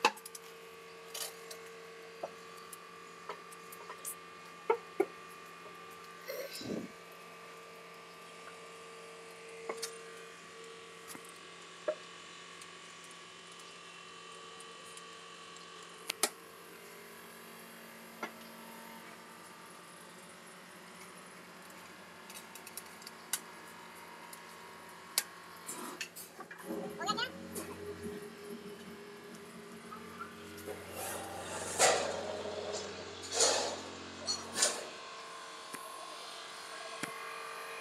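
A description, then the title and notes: A baling press machine hums steadily, with a low drone and a mid-pitched whine held for the first half, broken by sharp clanks near 7, 10 and 16 seconds. After about 26 seconds the sound grows busier and louder, with grinding, rattling and bursts of clattering toward the end. 50Ton Baling Press Machine.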